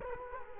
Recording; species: mosquito wingbeat signal from an infrared sensor; Culex quinquefasciatus